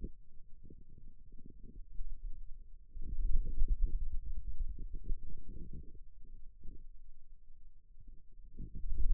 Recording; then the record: forearm muscle sounds (acoustic myography)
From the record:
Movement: ulnar deviation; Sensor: system 2, bracelet of six BSWA MPA416 microphones around the upper forearm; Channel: 5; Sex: male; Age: 22 years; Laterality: right